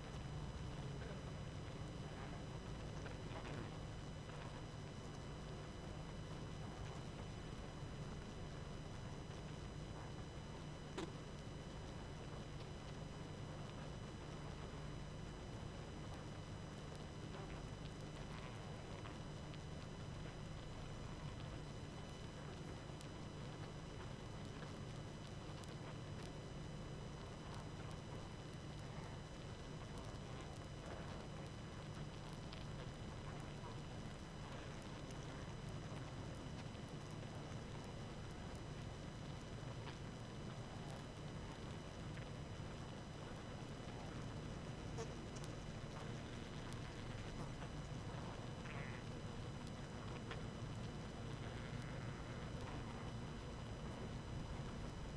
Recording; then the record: honeybee colony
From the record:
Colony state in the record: active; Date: 12 June 2018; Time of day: 21:10